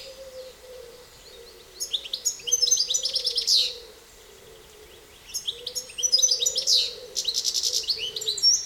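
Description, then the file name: European goldfinch giving two bursts of high, tinkling, twittering song with rapid buzzy trills, a pause between bursts, and a faint low hum underneath. "Carduelis carduelis"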